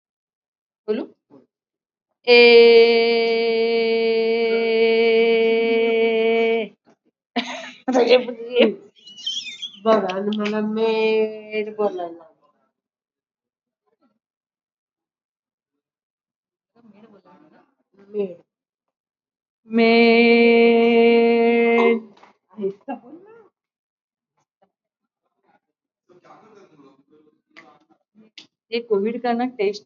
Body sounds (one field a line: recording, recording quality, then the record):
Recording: sustained vowel as in made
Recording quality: moderate, slight background noise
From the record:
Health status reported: exposed to COVID-19, no respiratory illness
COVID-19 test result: not tested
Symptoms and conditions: none ticked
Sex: female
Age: 57 years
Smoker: not ticked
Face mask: not worn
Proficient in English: yes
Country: India